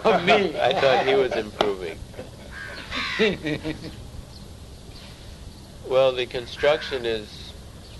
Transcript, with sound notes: I thought he was improving. [laughter] Well, the construction is,